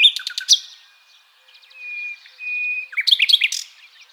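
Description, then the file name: Common nightingale song: sharp clicks and chirps, then a long, thin, steady whistle, then a burst of varied rapid notes. "Luscinia megarhynchos"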